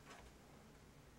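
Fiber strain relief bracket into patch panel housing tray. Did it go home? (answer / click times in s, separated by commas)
no / none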